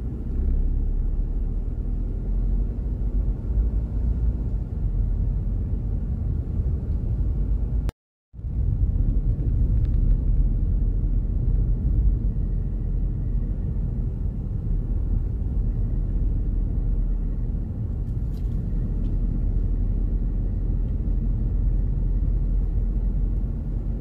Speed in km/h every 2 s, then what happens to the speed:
9, 12, 16, 20, 22, 21, 25, 23, 22, 22, 23, 27.
0-8 speeds up to 22. 8-19 steady at about 22.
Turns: none.